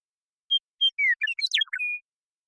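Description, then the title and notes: Western meadowlark song: two clear whistled notes, then a rapid jumble of gurgling, flute-like phrases sliding down, ending on a held whistle. Song, contact calls and flush; Pacific Northwest, Washington, United States. "Western Meadowlark, Sturnella neglecta, song, contact calls, and flush, family: Troupials and Allies Pacific Northwest in Washington, United States"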